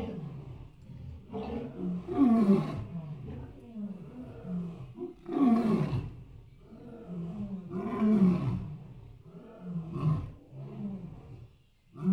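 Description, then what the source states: Elephants giving deep harmonic roars in loud bursts, repeated roughly every two to three seconds, with quieter rumbling between them. Many elephants calling together as a herd.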